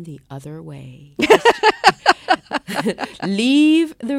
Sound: laughter